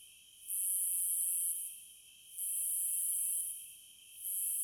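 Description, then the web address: Cicada call: rhythmic, very high buzzing bursts about one second long, separated by short lulls, with steady insect hum beneath. "Sounds of Nature Collection 30 Cicadas"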